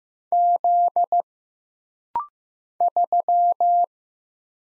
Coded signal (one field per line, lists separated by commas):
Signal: Morse code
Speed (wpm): 15 wpm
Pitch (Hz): 700 Hz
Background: none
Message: Z 3